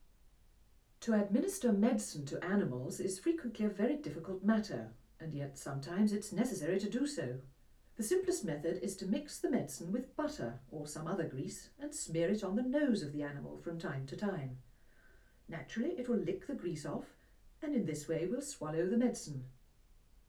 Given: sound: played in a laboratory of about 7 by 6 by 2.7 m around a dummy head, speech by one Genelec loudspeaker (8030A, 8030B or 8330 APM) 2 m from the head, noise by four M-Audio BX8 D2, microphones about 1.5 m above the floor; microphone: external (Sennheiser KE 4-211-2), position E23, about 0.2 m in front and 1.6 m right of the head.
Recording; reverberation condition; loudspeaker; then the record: female speech in English; low; 90 degrees to the left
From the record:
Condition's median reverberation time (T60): about 310 ms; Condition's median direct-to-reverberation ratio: about 3.5 dB